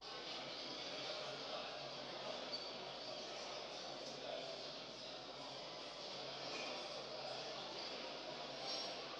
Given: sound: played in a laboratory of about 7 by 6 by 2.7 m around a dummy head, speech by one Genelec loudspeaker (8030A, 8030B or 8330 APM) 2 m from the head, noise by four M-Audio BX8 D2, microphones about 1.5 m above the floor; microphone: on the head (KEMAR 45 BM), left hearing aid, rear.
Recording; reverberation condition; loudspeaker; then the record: cafeteria noise; high; four, about 170 cm from the corners of the room and facing them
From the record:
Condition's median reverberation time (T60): about 1300 ms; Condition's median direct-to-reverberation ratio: about -4.0 dB